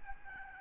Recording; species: mosquito wingbeat signal from an infrared sensor; Aedes albopictus